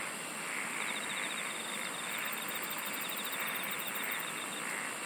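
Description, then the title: Insects singing, a steady hissing chorus with faint pulsed trills, high and repeated, running over a constant rushing background. "SINGING OF INSECTS"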